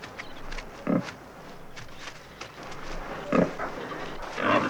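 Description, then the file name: Wild boar grunts: a few short, low, rough grunts. "dzik"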